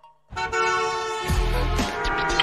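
Busy street noise with a loud, sustained car horn blaring over low traffic rumble, a second honk layering in midway as engines growl underneath.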